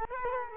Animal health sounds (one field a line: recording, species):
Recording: mosquito wingbeat signal from an infrared sensor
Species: Culex quinquefasciatus